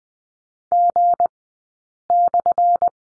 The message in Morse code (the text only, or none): G/